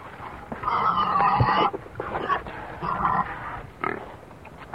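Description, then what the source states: Pig squealing in harmonic-rich cries, the first drawn out to about a second and a few shorter ones after it. Several hogs grunting and squealing.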